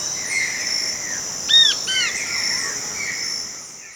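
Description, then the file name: Bird calling with a brief cluster of curved whistled notes near the middle, set against a steady high-pitched insect hum. "SABIOD 50 bird 2015"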